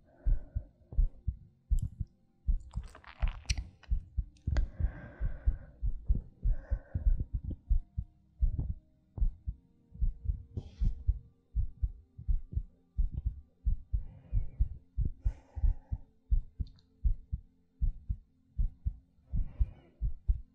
ASMR Heartbeat Breathing.